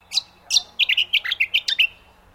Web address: Sound Effects-Foundation 1 BIRD BROWN HONEY EATER CALL